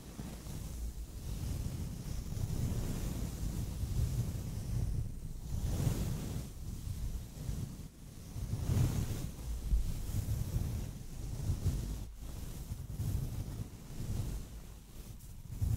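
Soft brushing across a microphone makes a steady, low, rumbling swish that swells and eases every second or two, much like wind or surf. There's a brief lull near 8 seconds and a small sharp tick around 12 seconds.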